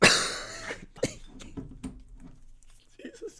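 A man with a chest infection coughs after taking cough medicine; its bad taste makes him cough more.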